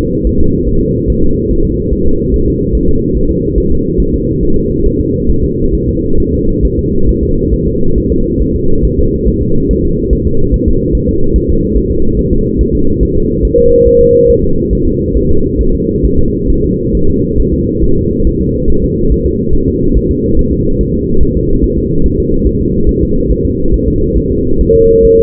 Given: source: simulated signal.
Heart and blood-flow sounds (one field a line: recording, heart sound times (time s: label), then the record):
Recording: fetal heart sounds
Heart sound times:
0.27 s: S1
0.41 s: S2
0.69 s: S1
0.83 s: S2
1.10 s: S1
1.24 s: S2
1.51 s: S1
1.65 s: S2
1.93 s: S1
2.07 s: S2
2.34 s: S1
2.48 s: S2
2.75 s: S1
2.89 s: S2
3.16 s: S1
3.31 s: S2
3.58 s: S1
3.72 s: S2
4.00 s: S1
4.14 s: S2
4.43 s: S1
4.57 s: S2
4.86 s: S1
5.00 s: S2
5.30 s: S1
5.45 s: S2
5.75 s: S1
5.89 s: S2
6.20 s: S1
6.34 s: S2
6.65 s: S1
6.79 s: S2
7.09 s: S1
7.23 s: S2
7.53 s: S1
7.68 s: S2
7.98 s: S1
8.12 s: S2
8.42 s: S1
8.56 s: S2
8.85 s: S1
8.99 s: S2
9.28 s: S1
9.42 s: S2
9.71 s: S1
9.85 s: S2
10.13 s: S1
10.27 s: S2
10.54 s: S1
10.68 s: S2
10.95 s: S1
11.09 s: S2
11.36 s: S1
11.50 s: S2
11.77 s: S1
11.91 s: S2
12.19 s: S1
12.33 s: S2
12.61 s: S1
12.75 s: S2
13.03 s: S1
13.17 s: S2
13.45 s: S1
13.59 s: S2
13.87 s: S1
14.01 s: S2
14.30 s: S1
14.44 s: S2
14.73 s: S1
14.87 s: S2
15.16 s: S1
15.31 s: S2
15.61 s: S1
15.75 s: S2
16.05 s: S1
16.19 s: S2
16.50 s: S1
16.64 s: S2
16.95 s: S1
17.09 s: S2
17.40 s: S1
17.54 s: S2
17.84 s: S1
17.98 s: S2
18.27 s: S1
18.41 s: S2
18.70 s: S1
18.84 s: S2
19.12 s: S1
19.26 s: S2
19.55 s: S1
19.69 s: S2
19.97 s: S1
20.11 s: S2
20.39 s: S1
20.53 s: S2
20.81 s: S1
20.95 s: S2
21.23 s: S1
21.37 s: S2
21.64 s: S1
21.78 s: S2
22.06 s: S1
22.20 s: S2
22.47 s: S1
22.61 s: S2
22.89 s: S1
23.03 s: S2
23.31 s: S1
23.45 s: S2
23.74 s: S1
23.88 s: S2
24.17 s: S1
24.32 s: S2
24.61 s: S1
24.75 s: S2
25.05 s: S1
25.19 s: S2
From the record:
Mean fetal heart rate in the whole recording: 140 bpm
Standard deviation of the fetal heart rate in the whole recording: 2 bpm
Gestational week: 34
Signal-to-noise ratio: -17.7 dB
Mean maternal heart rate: 72 bpm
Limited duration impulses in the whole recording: present